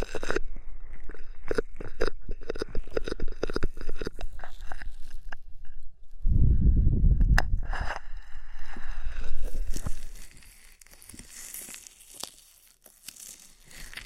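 An ear massage with oil and foam: dense, rapid crackling and squishing strokes fill the first six seconds, then a deep rubbing rumble takes over until about eight seconds. Brighter clicks follow, and after ten seconds the sound thins to soft, airy crinkling.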